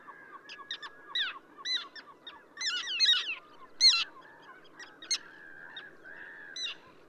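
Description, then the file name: Common tern calls, choppy harsh notes in uneven bursts, a few birds calling over one another. Subspecies minussensis, recorded at Ögii Nuur, Mongolia. "ctern-minussensis mng ogi-nuur"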